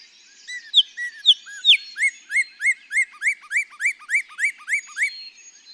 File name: Northern Cardinal